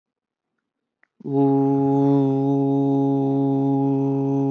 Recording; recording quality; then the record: sustained vowel as in boot; excellent, no background noise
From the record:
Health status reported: exposed to COVID-19, no respiratory illness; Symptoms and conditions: hypertension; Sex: male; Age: 25 years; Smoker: not ticked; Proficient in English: yes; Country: India